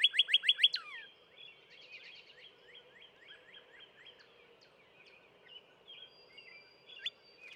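Northern cardinal song opening with a quick burst of bright down-slurred whistles, followed by a softer, slower string of similar notes fading out amid faint background chirps.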